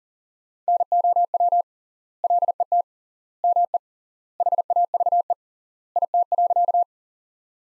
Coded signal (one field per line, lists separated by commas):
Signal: Morse code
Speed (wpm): 37 wpm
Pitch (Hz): 700 Hz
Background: none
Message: NOW LET ME HAVE IT.